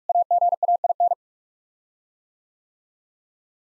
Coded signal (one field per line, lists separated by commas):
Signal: Morse code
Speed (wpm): 47 wpm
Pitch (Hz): 700 Hz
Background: none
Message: AGAIN